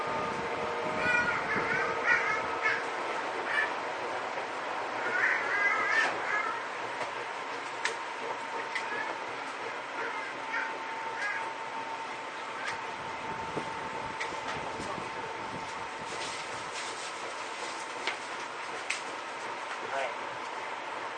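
A Seibu old 2000 series train running on the line, with a steady mid-pitched whine and a constant rumble underneath. Scattered clicks and knocks recur throughout, and brief chirping, voice-like bursts come and go in the first six seconds.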